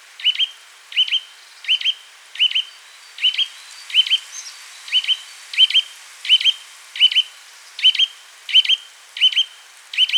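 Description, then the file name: Eurasian nuthatch calling steadily: a long run of loud, sharp, whistled chirps, around fifteen in ten seconds, without pause. "Sitta europaea"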